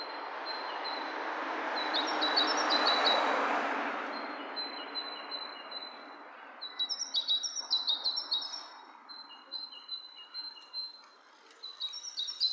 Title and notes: bird dialogs. lo-fi recording of two birds interacting